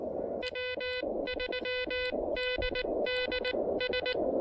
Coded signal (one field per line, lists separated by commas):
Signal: Morse code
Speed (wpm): 18 wpm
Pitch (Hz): 2000 Hz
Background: none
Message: W3DDS